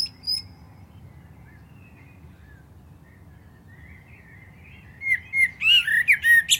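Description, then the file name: Common blackbird song: after a brief note and a long quiet stretch, a fluted warble breaks into a high, squeaky twittering flourish near the end. "Turdus merula"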